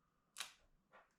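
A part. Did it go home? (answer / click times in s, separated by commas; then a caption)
released / 0.4 s. An Insta360 quick-release mount holding an Ace Pro action camera is opened in one motion, giving a single sharp click at 0.4 s, followed by a fainter, softer sound near 1.0 s. The mount releases.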